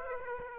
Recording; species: mosquito wingbeat signal from an infrared sensor; Aedes aegypti